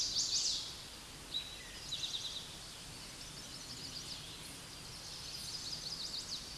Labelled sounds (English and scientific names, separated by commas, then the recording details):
Eastern Towhee (Pipilo erythrophthalmus) song
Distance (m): 45 m
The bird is about 15 m above the microphone
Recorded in a Pennsylvania forest on 16 May 2024 at 09:20
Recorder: AudioMoth, point MSD-1534
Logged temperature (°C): 15.6 °C
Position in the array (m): 80 m, 12 m